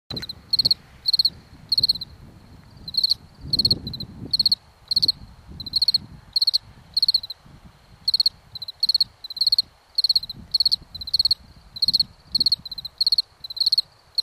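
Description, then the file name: Cicada calling in short high chirps, each a quick cluster of three or four pulses, repeated roughly every half second with brief pauses, over a soft low rumble. "cikada"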